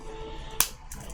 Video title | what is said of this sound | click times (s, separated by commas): EP5: Retrofitting Cherry MLs into Kinesis Advantage 1 Keyboards - Moar PCB and Keyboard Mods! | another one do you hear the snap there when it fits in it's really nice | 0.6 s